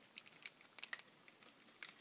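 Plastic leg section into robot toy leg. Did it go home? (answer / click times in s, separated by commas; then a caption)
no / none. The second plastic leg section of a Transformazing Toys PB02 Mekbuda Pandora's Box 02 Optimus Prime robot toy is lined up at its circle section and pushed into the leg. Several short, sharp plastic taps and scrapes are heard as it is worked in. The part has not clicked into place yet.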